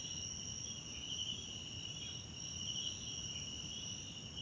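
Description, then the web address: Crickets trilling without pause, a shrill even buzz, slightly swelling and fading, with low rumbling background noise beneath. South African crickets, background ambience recorded at night in a wetland park at Kosi Forest Lodge, South Africa. "Tonschliff - SOUTH AFRICAN CRICKETS BG South Africa Wetland Park Kosi Forest Lodge Night"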